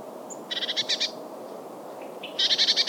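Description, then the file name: Eurasian blue tit scolding, two buzzy rattling bursts of rapid churring notes, the second preceded by a short note, with a thin high whistle at the start. "Cyanistes caeruleus"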